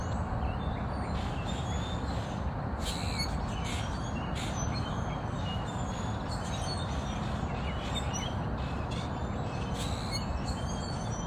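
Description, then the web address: Grackles giving scattered squeaky whistles and sharp clicks over a constant low roar like traffic. Grackles recorded at a bridge on 8 April. "scoutisland. grackles-at-bridge-8 april"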